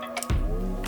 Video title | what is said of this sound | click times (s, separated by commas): Mk8 Golf R is FINALLY on ethanol! - Unitronic UniFLEX & MPI install | you should hear a click | 0.2 s